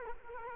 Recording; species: mosquito wingbeat signal from an infrared sensor; Culex quinquefasciatus